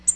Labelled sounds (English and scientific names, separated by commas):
Tennessee Warbler (Leiothlypis peregrina) flight call